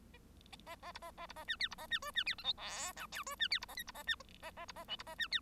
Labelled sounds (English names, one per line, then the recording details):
Bengalese Finch song
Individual Bird1